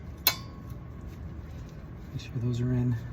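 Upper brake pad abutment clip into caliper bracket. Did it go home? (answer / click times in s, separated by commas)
yes / 0.3 s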